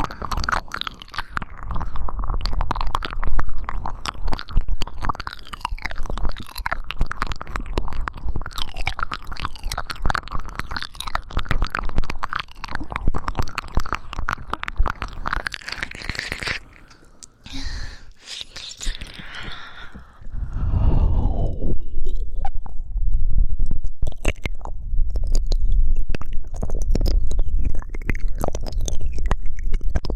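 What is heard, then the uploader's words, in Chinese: Wet ear licking and kissing sounds crackle densely for sixteen seconds, pause briefly, then a breathy swell gives way to softer, lower smacking. 舔耳和喘气加亲亲。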